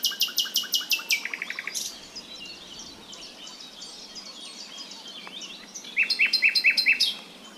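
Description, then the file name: Common nightingale song: an opening burst of loud rapid repeated notes, quiet varied twitters in the middle, then another rapid series of sharp repeated notes near the end. "Luscinia megarhynchos"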